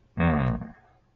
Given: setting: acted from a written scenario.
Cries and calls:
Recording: vocal sound without words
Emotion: pride

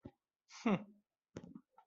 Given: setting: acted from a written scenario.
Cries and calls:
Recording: vocal sound without words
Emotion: neutral

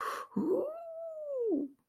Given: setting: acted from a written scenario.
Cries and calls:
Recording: vocal sound without words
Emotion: elation

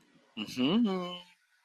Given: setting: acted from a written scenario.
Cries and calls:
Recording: vocal sound without words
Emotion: romantic love

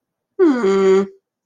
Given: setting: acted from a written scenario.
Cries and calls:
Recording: vocal sound without words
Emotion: adoration

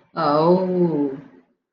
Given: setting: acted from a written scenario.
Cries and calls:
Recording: vocal sound without words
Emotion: shame

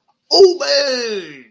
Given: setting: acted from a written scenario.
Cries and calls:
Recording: vocal sound without words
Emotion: triumph

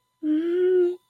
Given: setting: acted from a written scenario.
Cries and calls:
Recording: vocal sound without words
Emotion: sadness

